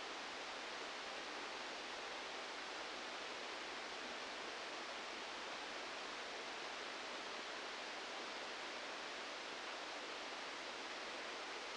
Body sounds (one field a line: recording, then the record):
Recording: brain microelectrode recording played as sound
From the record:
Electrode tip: outside the subthalamic nucleus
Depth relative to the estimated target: 4 mm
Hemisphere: left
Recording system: NeuroSet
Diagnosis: Parkinson's disease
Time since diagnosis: 8 years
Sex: male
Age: 37 years